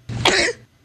That's his sneeze. Sounds like a cough. It sounds like, a cat with a fur ball.